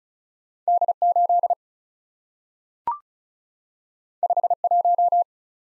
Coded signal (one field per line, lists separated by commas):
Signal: Morse code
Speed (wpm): 36 wpm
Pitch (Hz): 700 Hz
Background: none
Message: D8 51